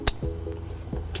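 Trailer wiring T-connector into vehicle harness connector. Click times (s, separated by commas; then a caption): 0.1 s. A plastic trailer wiring T-connector is plugged into the vehicle harness connector on a 2008 Nissan Rogue during a trailer wiring installation. A sharp click at 0.1 s shows the connector has seated and is secured. Fainter low thumps and clicks follow.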